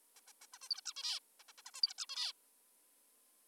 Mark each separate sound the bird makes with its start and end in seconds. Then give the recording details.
0.16-0.20, 0.28-0.32, 0.42-0.46, 0.54-0.58, 0.62-0.69, 0.70-0.81, 0.86-0.93, 0.96-1.20, 1.40-1.44, 1.49-1.52, 1.58-1.62, 1.66-1.71, 1.75-1.81, 1.83-1.94, 1.98-2.06, 2.09-2.33. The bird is an adult. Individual g19o3U